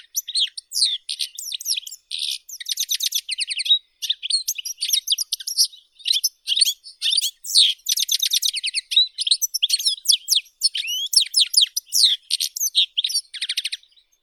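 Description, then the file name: European goldfinch in full song, a long, dense stream of rapid high twitters, rattling trills and buzzy notes without a real break. "Golosa ptic - CSHegol Carduelis carduelis"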